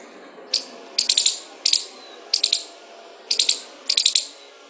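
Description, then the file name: Squirrel chatter, brisk dry clicks bunched in quick groups of up to four, with pauses of about half a second to a second between bursts. "suara-bajing -omkicau"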